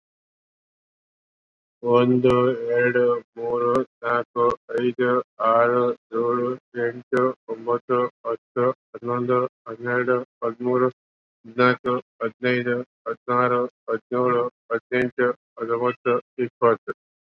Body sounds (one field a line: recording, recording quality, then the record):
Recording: counting at a normal pace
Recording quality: excellent, no background noise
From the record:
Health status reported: COVID-19 positive, no symptoms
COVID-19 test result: positive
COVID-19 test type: RT-PCR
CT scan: not taken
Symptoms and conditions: hypertension, diabetes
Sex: male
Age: 46 years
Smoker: yes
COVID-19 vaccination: both doses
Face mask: worn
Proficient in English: no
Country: India